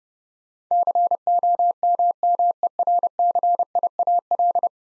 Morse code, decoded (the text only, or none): COMMERCIAL